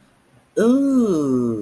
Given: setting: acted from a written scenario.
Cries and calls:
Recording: vocal sound without words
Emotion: interest

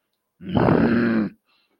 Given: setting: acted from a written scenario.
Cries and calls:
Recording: vocal sound without words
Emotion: anger

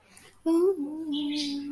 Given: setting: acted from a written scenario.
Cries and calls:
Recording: vocal sound without words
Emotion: romantic love

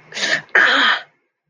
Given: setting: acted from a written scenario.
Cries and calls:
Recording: vocal sound without words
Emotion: pain

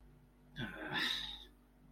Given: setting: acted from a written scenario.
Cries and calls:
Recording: vocal sound without words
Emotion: disappointment

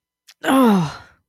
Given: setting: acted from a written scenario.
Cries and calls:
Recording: vocal sound without words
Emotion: pain

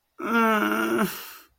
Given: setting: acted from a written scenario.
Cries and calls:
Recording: vocal sound without words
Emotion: sadness

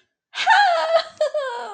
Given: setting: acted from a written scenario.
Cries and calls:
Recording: vocal sound without words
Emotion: ecstasy

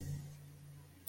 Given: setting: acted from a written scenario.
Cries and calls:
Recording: vocal sound without words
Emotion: sympathy

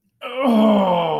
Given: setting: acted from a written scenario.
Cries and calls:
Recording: vocal sound without words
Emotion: ecstasy

